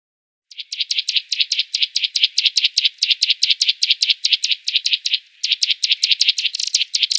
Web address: Schulze Peter Eurasian Nuthatch calls